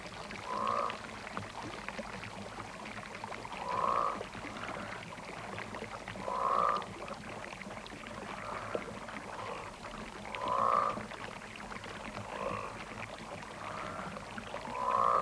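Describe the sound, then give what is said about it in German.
Water drops fall one at a time, each landing as a short, ringing, mid-pitched plink roughly every three seconds, over a steady low hiss and rumble with no one speaking. “Wassertropfen und Fliegenbass”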